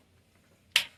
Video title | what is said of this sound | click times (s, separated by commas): NoxBox: initial set up | okay there we go we clicked it into place and then we're going to attach that | 0.8 s